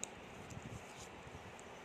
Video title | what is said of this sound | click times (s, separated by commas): 👉💥 Deepa wire works 👛- #magnetic button fixing video# sivankan trending# hand bag 🛍️📞 8148133199🎊🎉🦋 | இப்போ பாருங்கள், இது இப்படி போட்டால் நம்மளுக்கு லாக் ஆகிடும். | 0.0 s